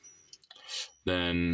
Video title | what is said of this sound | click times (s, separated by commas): My very late review for Concept Art Sunstreaker and Gamer Edition Sideswipe | Bring it so it goes and Clips in right there | 0.3 s, 0.4 s, 0.5 s